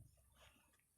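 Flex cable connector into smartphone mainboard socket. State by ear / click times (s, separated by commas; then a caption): not seated / none. A flex-cable connector is handled as it is pressed toward its socket on a smartphone mainboard, giving soft, low handling noise with a faint rise around 0.4 s. Nothing has seated or clicked yet.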